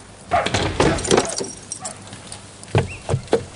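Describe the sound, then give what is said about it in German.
A key rattles and turns in a door lock, locking two people in, with the key left in the lock from outside: a burst of metallic scraping and clicks followed, after a short pause, by three sharp distinct clacks. “schließen wir erstmal hier ein und lassen den Schlüssel von außen stecken, damit die Polizei nicht so viel Mühe hat.”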